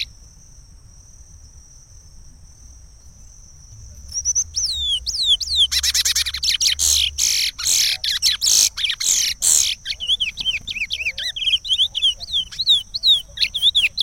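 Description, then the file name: Chestnut-bellied seed finch: after four quiet seconds, a run of slurred whistles leads into a loud burst of buzzy, rattling notes, then more slurred whistles follow; a steady high tone before and after. "canto do curio"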